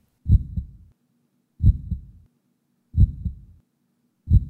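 Slow, regular, low thumping heartbeat of an adult with arterial buildup, at about 45 beats a minute. Each beat is a double sound, a strong first thud followed closely by a softer second one, with quiet pauses between beats.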